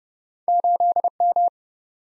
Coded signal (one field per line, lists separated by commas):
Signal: Morse code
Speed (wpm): 30 wpm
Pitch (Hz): 700 Hz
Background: none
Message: 8M